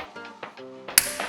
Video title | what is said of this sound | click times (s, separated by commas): How to disassemble front cover Ultrasun Q18 | press the upstanding part until you hear a click | 1.0 s